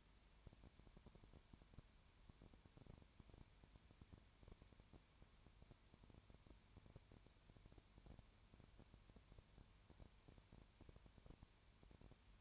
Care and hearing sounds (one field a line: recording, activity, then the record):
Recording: daily activity, microphone in the room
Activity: no activity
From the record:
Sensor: 2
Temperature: 20.3 degrees Celsius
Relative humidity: 33.8%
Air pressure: 1003.2 hPa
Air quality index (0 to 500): 82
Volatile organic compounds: 1 ppm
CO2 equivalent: 781 ppm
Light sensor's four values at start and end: 2/3/2/2 and 2/3/2/2